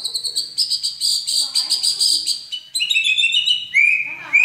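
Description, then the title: Oriental magpie-robin song: rapid high chattering notes, then clearer whistled phrases, delivered continuously. "Kicau Kacer"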